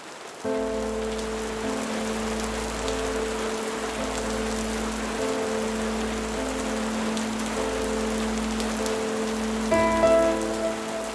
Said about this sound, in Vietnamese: Cơn mưa dần nặng hạt.